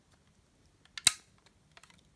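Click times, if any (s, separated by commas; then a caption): 1.1 s. The resettable plastic element of a manual break-glass emergency call point is pressed in to trigger an alarm. A small sharp click at 1.0 s is followed by a louder one at 1.1 s as the element latches in, then faint ticks near 1.8–1.9 s. The element seats in place at 1.1 s.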